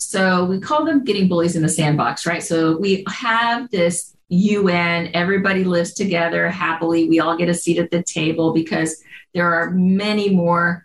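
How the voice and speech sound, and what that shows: Clear, fluent adult female speech at a relaxed conversational pace; ordinary voice with no audible disorder.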